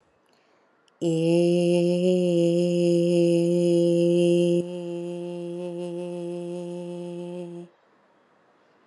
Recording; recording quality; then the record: sustained vowel as in made; excellent, no background noise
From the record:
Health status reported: COVID-19 positive, mild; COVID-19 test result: positive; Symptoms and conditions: cough, fatigue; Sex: female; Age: 38 years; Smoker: not ticked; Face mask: not worn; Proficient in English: yes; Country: India